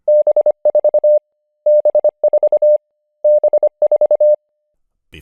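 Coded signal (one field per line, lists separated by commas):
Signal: Morse code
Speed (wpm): 24 wpm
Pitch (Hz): 600 Hz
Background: none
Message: B4 B4 B4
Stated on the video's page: Word-based Morse lesson: words sent at 20 wpm, ramped up to 30 wpm, then back to 20 wpm.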